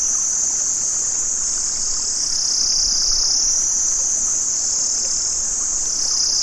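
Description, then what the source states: Cicadas produce a steady, piercing high-pitched drone with gentle rises and falls in pitch throughout. Cicadas recorded in Vietnam.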